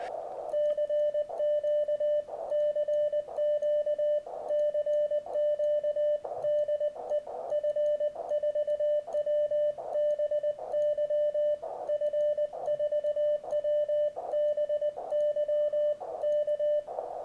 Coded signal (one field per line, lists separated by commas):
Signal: Morse code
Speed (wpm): 20 wpm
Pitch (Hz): 590 Hz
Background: radio noise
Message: CQ CQ CQ DE F4WBY F4WBY K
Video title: Begali Traveler's Light Morse Key Review.